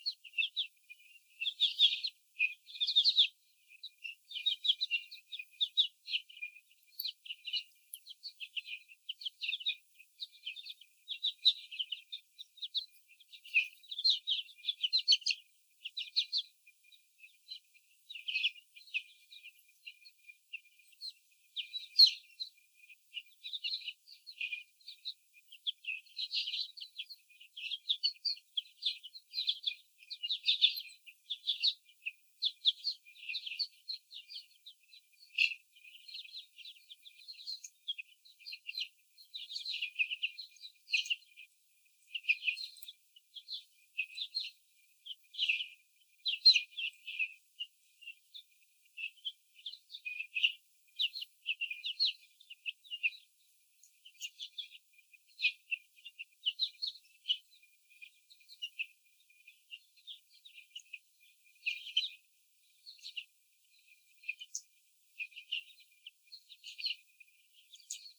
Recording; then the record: young laying hens in a cage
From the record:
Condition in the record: before the stressor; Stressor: sudden umbrella opening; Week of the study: 3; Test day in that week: 2